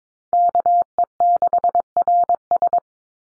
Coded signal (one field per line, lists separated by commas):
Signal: Morse code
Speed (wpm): 22 wpm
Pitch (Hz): 700 Hz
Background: none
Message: KE6RS